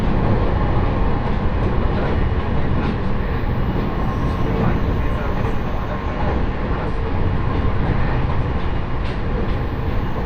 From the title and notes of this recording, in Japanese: 鉄道旅 常磐線 南中郷→勝田。